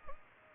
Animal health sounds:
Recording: mosquito wingbeat signal from an infrared sensor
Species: Aedes aegypti

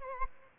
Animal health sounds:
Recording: mosquito wingbeat signal from an infrared sensor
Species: Aedes albopictus

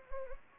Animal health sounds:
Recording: mosquito wingbeat signal from an infrared sensor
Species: Anopheles gambiae

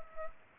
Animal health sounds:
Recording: mosquito wingbeat signal from an infrared sensor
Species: Culex pipiens

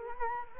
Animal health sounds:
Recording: mosquito wingbeat signal from an infrared sensor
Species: Culex quinquefasciatus

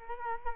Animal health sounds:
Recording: mosquito wingbeat signal from an infrared sensor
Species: Culex quinquefasciatus

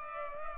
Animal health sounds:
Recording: mosquito wingbeat signal from an infrared sensor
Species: Culex pipiens

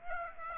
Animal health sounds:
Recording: mosquito wingbeat signal from an infrared sensor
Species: Aedes aegypti

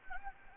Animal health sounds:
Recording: mosquito wingbeat signal from an infrared sensor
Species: Anopheles gambiae

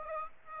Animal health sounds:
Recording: mosquito wingbeat signal from an infrared sensor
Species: Aedes aegypti

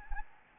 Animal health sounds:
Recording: mosquito wingbeat signal from an infrared sensor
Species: Anopheles gambiae

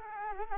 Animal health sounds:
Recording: mosquito wingbeat signal from an infrared sensor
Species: Culex quinquefasciatus

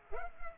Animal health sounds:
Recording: mosquito wingbeat signal from an infrared sensor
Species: Culex pipiens

